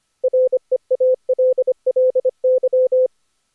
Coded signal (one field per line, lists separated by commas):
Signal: Morse code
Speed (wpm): 18 wpm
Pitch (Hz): 500 Hz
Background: none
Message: REALLY